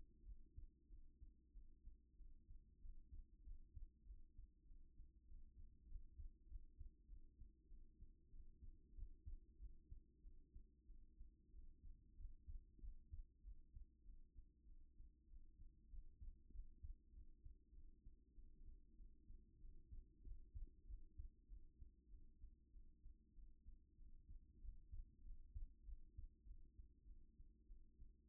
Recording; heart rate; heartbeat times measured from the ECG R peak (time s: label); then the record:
heart sounds by stethoscope; 96 bpm
0.20 s: heartbeat
0.85 s: heartbeat
1.50 s: heartbeat
2.13 s: heartbeat
2.77 s: heartbeat
3.40 s: heartbeat
4.02 s: heartbeat
4.62 s: heartbeat
5.23 s: heartbeat
5.83 s: heartbeat
6.44 s: heartbeat
7.04 s: heartbeat
7.65 s: heartbeat
8.27 s: heartbeat
8.91 s: heartbeat
9.55 s: heartbeat
10.19 s: heartbeat
10.83 s: heartbeat
11.48 s: heartbeat
12.12 s: heartbeat
12.76 s: heartbeat
13.39 s: heartbeat
14.01 s: heartbeat
14.63 s: heartbeat
15.24 s: heartbeat
15.86 s: heartbeat
16.47 s: heartbeat
17.09 s: heartbeat
17.69 s: heartbeat
18.31 s: heartbeat
18.93 s: heartbeat
19.56 s: heartbeat
20.19 s: heartbeat
20.82 s: heartbeat
21.44 s: heartbeat
22.06 s: heartbeat
22.68 s: heartbeat
23.31 s: heartbeat
23.94 s: heartbeat
24.56 s: heartbeat
25.19 s: heartbeat
25.81 s: heartbeat
26.42 s: heartbeat
27.03 s: heartbeat
27.64 s: heartbeat
28.27 s: heartbeat
From the record:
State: after exercise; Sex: female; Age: 28 years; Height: 167 cm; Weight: 60 kg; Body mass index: 21.51